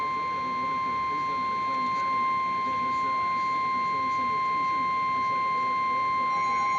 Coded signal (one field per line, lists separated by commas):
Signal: Emergency Alert System (SAME) tones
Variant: 1050 Hz attention tone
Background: speech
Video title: Severe Thunderstorm Warning (EAS #611)